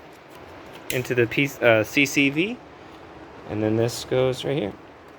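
A plastic hose quick-connect fitting is handled near its port by the crankcase ventilation valve on a Volkswagen Eos 2.0T TSI engine under repair for a timing chain tensioner failure. Someone talks over a low, steady background hum. Nothing has seated or clicked yet.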